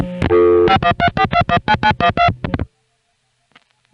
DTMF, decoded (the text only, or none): 5134219912